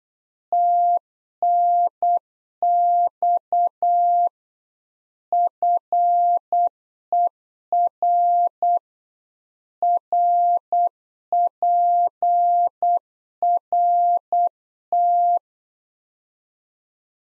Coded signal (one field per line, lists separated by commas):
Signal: Morse code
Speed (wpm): 8 wpm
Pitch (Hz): 700 Hz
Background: none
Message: TNX FER RPRT